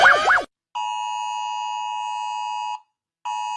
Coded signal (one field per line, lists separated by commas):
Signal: Emergency Alert System (SAME) tones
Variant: 853 and 960 Hz attention tone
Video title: Rating EAS tones (cuz everyone does)